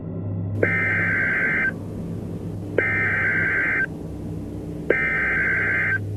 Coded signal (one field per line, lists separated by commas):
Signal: Emergency Alert System (SAME) tones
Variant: header bursts